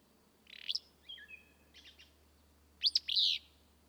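Willow flycatcher song: a buzzy note, slurred soft notes, then an emphatic sneezy burry phrase, over steady low background hum and hiss.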